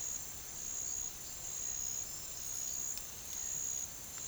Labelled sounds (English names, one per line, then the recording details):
none
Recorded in pastures near Puerto Asís, Putumayo, Colombia, on 4 March 2025 at 09:00
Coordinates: 0.487, -76.322
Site G077